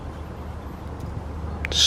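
A steel wire retaining clip is fitted into its groove in the clutch basket of a Yamaha FZ6R motorcycle during a clutch kit install. After a low, steady background, a sharp snap at 1.7 s marks the clip seating in the groove, followed by loud, bright broadband noise to the end. The clip is confirmed seated.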